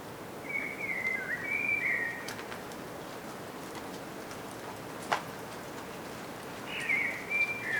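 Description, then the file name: Common blackbird giving two short bursts of thin, warbling high notes several seconds apart, with occasional faint ticks and a background hiss. "Turdus merula"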